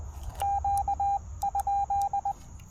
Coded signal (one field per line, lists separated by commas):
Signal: Morse code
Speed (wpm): 20 wpm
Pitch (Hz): 800 Hz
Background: none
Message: Q ?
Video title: POTA Activation with Xiegu X6200 – Is the Keyer Issue Fixed in Firmware v1.0.1?